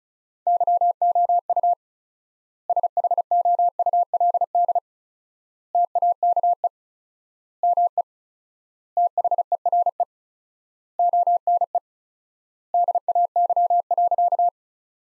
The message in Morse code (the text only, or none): YOU SHOULD TAKE ME THERE ONE DAY.